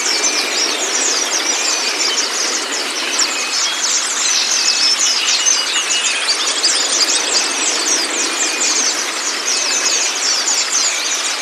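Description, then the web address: White-eye chattering in a thick, continuous mass of high twitters, with a few thin drawn-out whistles rising out of the din now and then. Cage-bird training audio played to pleci so they open their beaks and start singing. "audio pleci-terapi-buka-paruh"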